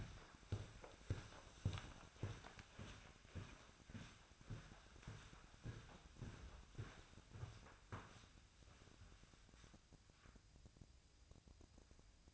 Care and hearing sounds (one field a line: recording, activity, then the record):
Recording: daily activity, microphone in the room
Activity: walk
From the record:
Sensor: 2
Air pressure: 1009.2 hPa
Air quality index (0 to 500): 178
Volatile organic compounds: 2 ppm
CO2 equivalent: 1304 ppm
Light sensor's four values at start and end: 47/123/53/58 and 47/120/52/57